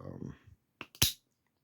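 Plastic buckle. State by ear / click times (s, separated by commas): seated / 0.8 s, 1.0 s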